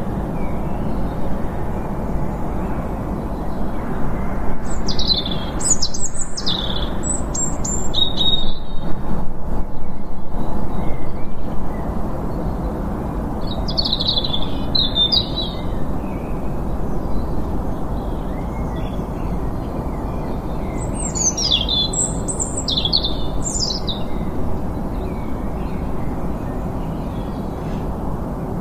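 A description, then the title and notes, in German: Garden birds sing in short bright bursts around 5, 14 and 22 seconds over a steady low roar of a fairly distant motorway. Aufgenommen ab 5:30 Uhr morgens bei uns im Garten. Das Rauschen im Hintergrund ist die recht weit entfernte Autobahn und im Vordergrund die Vögel in unserem Garten, die vor der Sonne aufwachen.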